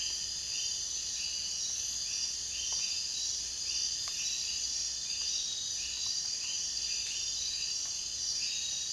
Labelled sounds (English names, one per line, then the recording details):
none
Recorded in dense forest near Puerto Asís, Putumayo, Colombia, on 22 June 2025 at 01:30
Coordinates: 0.466, -76.327
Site GP04